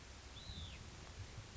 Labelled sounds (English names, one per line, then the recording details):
Hutton's Vireo
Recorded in Sonoma County, California